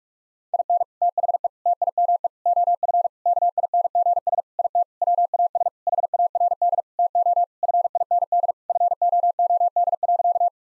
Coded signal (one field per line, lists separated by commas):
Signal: Morse code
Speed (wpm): 42 wpm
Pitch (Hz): 700 Hz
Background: none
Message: IN THE TIME OF KINGS IT WAS HARD TO FIND FOOD.